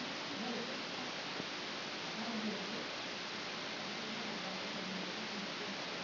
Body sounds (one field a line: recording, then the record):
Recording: brain microelectrode recording played as sound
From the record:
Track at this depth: outside the subthalamic nucleus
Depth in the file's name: 0.048 mm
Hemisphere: left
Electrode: 2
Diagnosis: Parkinson's disease